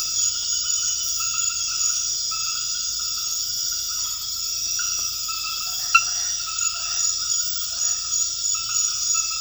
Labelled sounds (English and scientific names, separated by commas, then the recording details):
none
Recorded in dense forest near Puerto Asís, Putumayo, Colombia, on 9 March 2025 at 22:00
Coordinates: 0.484, -76.325
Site G045